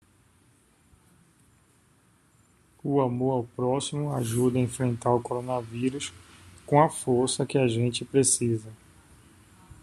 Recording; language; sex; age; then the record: spoken sentence; Brazilian Portuguese; male; 50 to 59 years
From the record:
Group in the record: control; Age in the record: 53 years